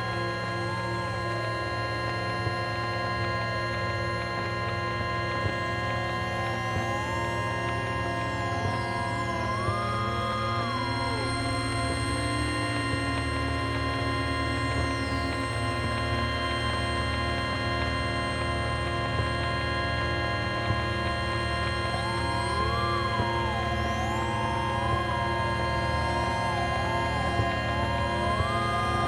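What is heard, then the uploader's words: A bus's hybrid electric motor whines as it spins up and slows, its pitched tones gliding up and down through the clip, most busily around 8 and 22 seconds. Fainter high whistles arc above a steady electrical hum and low rumble. By placing an Electro-Magnetic coil pick up on the bus window, I managed to capture the electrical signals and sounds of the buses hybrid electric motor spinning up. The signels where recorded on a Number 1 Bus travelling between Waterloo and New Kent Road.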